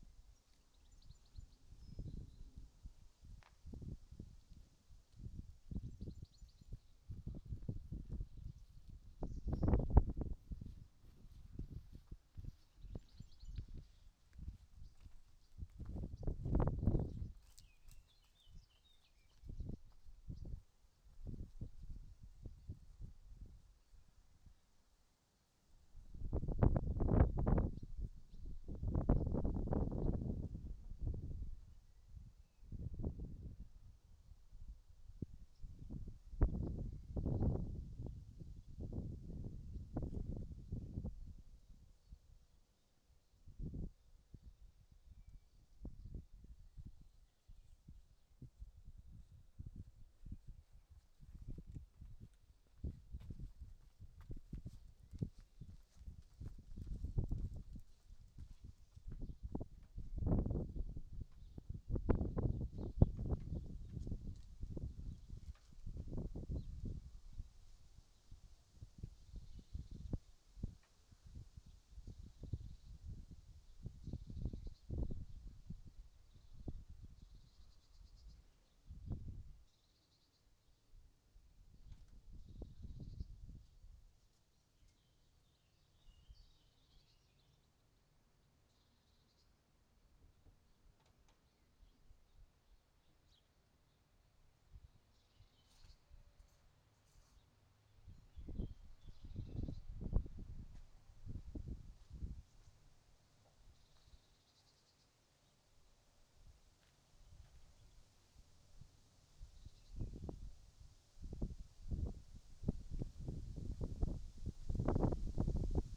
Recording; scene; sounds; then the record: everyday scene through a hearing-aid microphone; wind on the microphone; wind, other noises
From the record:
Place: in front of a rural house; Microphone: in the ear canal, right